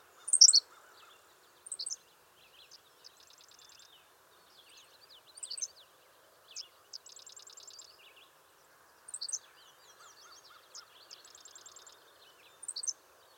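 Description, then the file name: Henslow's sparrow song: short, high, explosive hiccup notes repeated every few seconds, between rapid buzzy trills and thin chips. "Ammodramus henslowii - Henslow's Sparrow"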